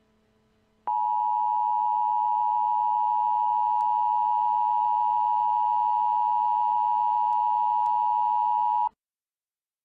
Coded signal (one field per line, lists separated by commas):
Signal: Emergency Alert System (SAME) tones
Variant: 853 and 960 Hz attention tone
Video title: EAS: Civil Danger Warning for Adams County, NE